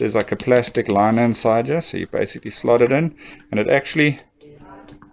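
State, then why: Seated. A Bowie knife's fixed blade is slid into its plastic-lined sheath while someone talks, and the knife clicks into place at 5.0 s. It is seated and holds in the sheath even without the lock engaged.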